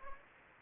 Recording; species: mosquito wingbeat signal from an infrared sensor; Anopheles gambiae